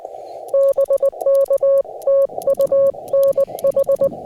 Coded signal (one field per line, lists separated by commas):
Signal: Morse code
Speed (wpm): 20 wpm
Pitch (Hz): 550 Hz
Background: none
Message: BK TU NH